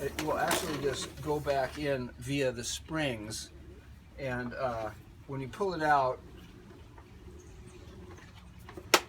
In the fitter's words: and hear that click and stop immediately